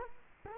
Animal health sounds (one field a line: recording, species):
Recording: mosquito wingbeat signal from an infrared sensor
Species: Culex quinquefasciatus